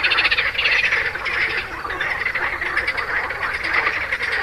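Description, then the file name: Frogs calling in a dense chorus, overlapping rattling croaks that swell and ease without pause throughout. "grenouilles"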